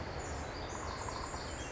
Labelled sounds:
Pacific Wren (Troglodytes pacificus)
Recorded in Sonoma County, California

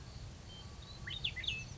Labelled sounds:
Oak Titmouse (Baeolophus inornatus)
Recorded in Sonoma County, California

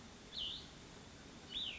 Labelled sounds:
Cassin's Vireo (Vireo cassinii)
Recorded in Sonoma County, California

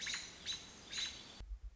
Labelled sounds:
American Robin (Turdus migratorius)
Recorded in Sonoma County, California

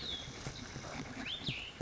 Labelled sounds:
Cassin's Vireo (Vireo cassinii)
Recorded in Sonoma County, California

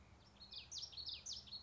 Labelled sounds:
Common Yellowthroat (Geothlypis trichas)
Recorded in Sonoma County, California

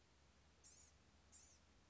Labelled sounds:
Blue-gray Gnatcatcher (Polioptila caerulea)
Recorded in Sonoma County, California

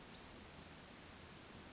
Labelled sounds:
Western Flycatcher (Empidonax difficilis)
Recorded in Sonoma County, California

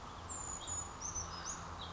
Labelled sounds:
Brown Creeper (Certhia americana)
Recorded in Sonoma County, California

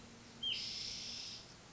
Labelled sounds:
White-breasted Nuthatch (Sitta carolinensis)
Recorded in Sonoma County, California

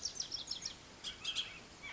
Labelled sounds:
Bullock's Oriole (Icterus bullockii)
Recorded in Sonoma County, California

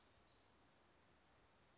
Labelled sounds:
Western Flycatcher (Empidonax difficilis)
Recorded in Sonoma County, California

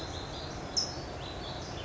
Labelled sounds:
California Towhee (Melozone crissalis)
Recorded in Sonoma County, California

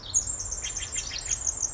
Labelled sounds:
Pacific Wren (Troglodytes pacificus)
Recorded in Sonoma County, California

